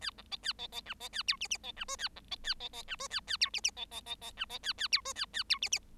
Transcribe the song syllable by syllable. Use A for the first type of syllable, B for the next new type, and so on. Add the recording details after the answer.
A B C A C C D C A E F F C D G A B C A C C D G A A E F F C C C C D C A A E G A A E F F. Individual Bird7